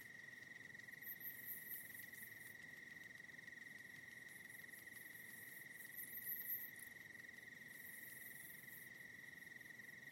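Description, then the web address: Continuous high cricket trilling throughout, while separate groups of rapid, very high insect pulses rise briefly three times. Night in the Hollywood Hills. "soft night ambience hollywood hills crickets"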